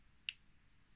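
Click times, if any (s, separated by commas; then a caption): 0.3 s. A small plastic stretcher from a 1/64 diecast ambulance model is snapped back onto its side mount. A single sharp, high-pitched click is heard at 0.3 s against a quiet background. The stretcher seats firmly in place.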